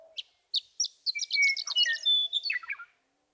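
Western meadowlark song, sharp notes quickening into a dense jumble with clear whistles, ending in a tumbling, falling warble.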